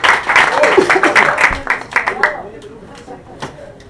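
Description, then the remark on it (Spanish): An audience at a paya event at El Chancho Seis claps loudly in a dense burst for about two seconds as two performers are introduced, then the applause thins to a few scattered claps as it fades. Voices are mixed in with the clapping. “Un aplauso para ellos que van a ser la persona.”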